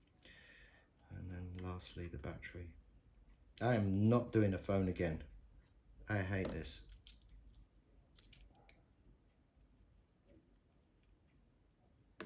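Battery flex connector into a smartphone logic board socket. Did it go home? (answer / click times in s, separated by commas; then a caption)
no / none. Someone talks while handling the battery flex connector at its logic board socket inside an iPhone 8 Plus, after the digitizer and LCD cables have been connected. A few faint, short clicks and handling taps follow the talking, ending in a sharp tap at the very end. Nothing has seated or clicked home yet.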